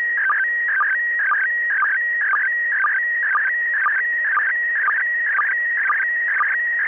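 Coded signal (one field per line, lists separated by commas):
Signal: SSTV (slow-scan television)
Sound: continuous warbling tone shifting in pitch, with a short low blip about twice a second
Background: radio static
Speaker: that audio that you just heard should be able to decode that photograph that we just watched download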